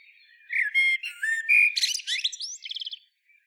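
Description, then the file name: Common blackbird singing a mellow whistled phrase that turns into scratchy high twittering and ends in a quick, buzzy trill. "Turdus merula"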